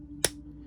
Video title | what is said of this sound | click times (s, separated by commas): Hot Wheels Star Wars Starships Select #4 Razorcrest Review | so to assemble these just take your ball right here put it in your port hear that click | 0.2 s